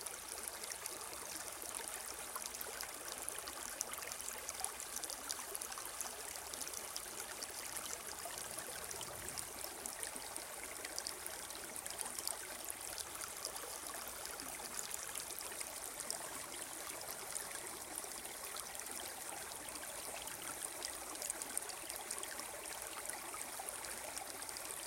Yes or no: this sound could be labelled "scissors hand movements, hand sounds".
no